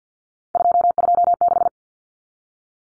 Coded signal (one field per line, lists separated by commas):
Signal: Morse code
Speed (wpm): 50 wpm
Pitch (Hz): 700 Hz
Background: none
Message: 226